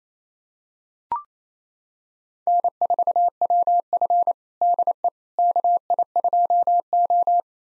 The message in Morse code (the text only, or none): N4WF DE KI2O